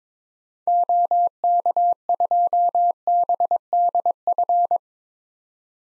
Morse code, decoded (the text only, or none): OK2BDF